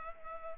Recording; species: mosquito wingbeat signal from an infrared sensor; Culex pipiens